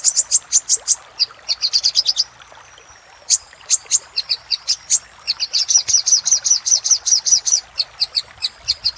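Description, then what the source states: Little spiderhunter song: rapid high chipping notes in fast runs, a thin drawn-out whistle during a quiet gap, then a long, even sequence of sharp chirps. Master recording made for training cage birds, labelled 'Labaik'.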